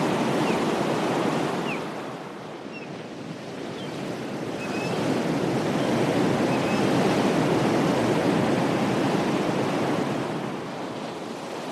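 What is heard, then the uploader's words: Powerful waves crash in a continuous dense roar, strongest in the low and middle range with a hissing top. The level swells and eases slowly, dipping around two to four seconds and peaking near seven, with no quiet gaps between surges. The calming white noise of powerful waves crashing.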